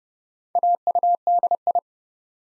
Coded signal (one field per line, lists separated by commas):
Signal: Morse code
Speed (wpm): 30 wpm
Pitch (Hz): 700 Hz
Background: none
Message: AUDI